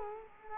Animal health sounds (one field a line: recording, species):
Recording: mosquito wingbeat signal from an infrared sensor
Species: Culex quinquefasciatus